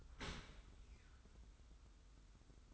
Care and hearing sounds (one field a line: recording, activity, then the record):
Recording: daily activity, microphone in the room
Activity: open dishwasher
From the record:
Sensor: 3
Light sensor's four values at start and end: 35/83/34/32 and 35/83/34/32